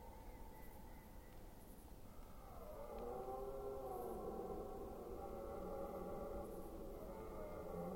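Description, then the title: Red deer stag roaring, a long harmonic bellow that rises and then holds steady from about two and a half seconds to the end, against low background rumble. Recorded during the rut in Forêt d'Orléans, France. "Red Deer Rut - Forêt d'Orleans, France"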